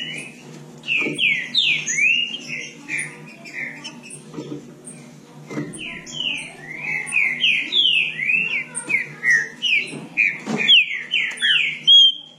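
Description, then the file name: Green-winged saltator song, a long run of loud whistled slurred notes, many falling, delivered in quick succession with brief pauses, over a faint low hum. "canto do trinca ferro"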